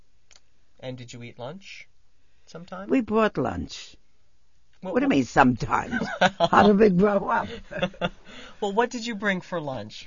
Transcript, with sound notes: And did you eat lunch sometime?
We brought lunch. What do you mean sometimes? (he laughs) How would we grow up?
Well, what did you bring for lunch?